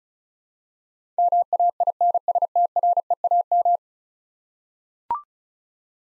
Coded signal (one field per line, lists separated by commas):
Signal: Morse code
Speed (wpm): 36 wpm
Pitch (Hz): 700 Hz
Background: none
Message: MAINSTREAM